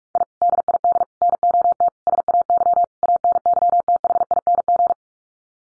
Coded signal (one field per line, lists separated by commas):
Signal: Morse code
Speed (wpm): 44 wpm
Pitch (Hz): 700 Hz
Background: none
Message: I DID NOT SAY ANYTHING